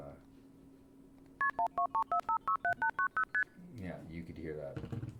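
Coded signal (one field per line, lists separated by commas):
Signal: multi-frequency trunk signalling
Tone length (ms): 100 ms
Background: speech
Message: KP1234567890ST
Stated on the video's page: Simulated payphone line; blue box sequence of 2600 Hz trunk seizure, then KP, ten digits, ST, from a tone generator.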